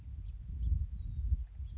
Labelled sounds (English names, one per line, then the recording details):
House Finch
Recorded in Sonoma County, California